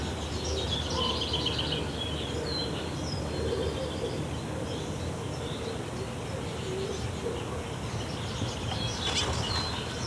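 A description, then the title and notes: Birds call around a nest box on a summer morning, with thin, high chirps and trills repeating throughout over a steady low rumble of background noise. A brief burst of rustling or fluttering stands out near the ninth second. Busy morning birds around a bird nest box at a Danish summer cottage. Just before sunrise, parent birds start looking for food to their hungry chicks in the bird nest box at the cottage wall. While the bird chicks are crying for food, their parents fly back and forth to the bird nest box with something to eat.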